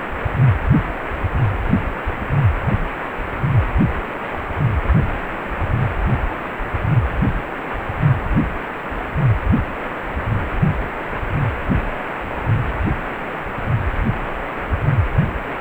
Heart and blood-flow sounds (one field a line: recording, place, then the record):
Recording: Doppler ultrasound of blood flow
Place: precordium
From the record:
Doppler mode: pulsed wave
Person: healthy adult, 18 to 50 years, no heart murmur, not diving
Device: 2.5 MHz transducer